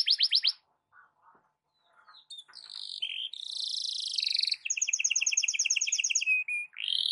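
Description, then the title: Canary song: rapid repeated high notes, then long buzzy rolling trills and stuttered phrases, with short pauses between bursts. Belgian canary song in the morning, for warming up Belgian canaries; suitable for masteran (tutoring other birds). "Canto Para Esquentar Canário Belga. SUARA BURUNG KENARI DI PAGI HARI COCOK BUAT MASTERAN"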